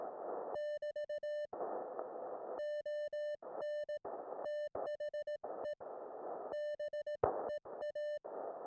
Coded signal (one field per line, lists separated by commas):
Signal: Morse code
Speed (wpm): 18 wpm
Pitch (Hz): 1800 Hz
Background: music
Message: <BT> ON THE BEA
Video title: My Audio & Video Gear + How I Record HAM Radio in the Field.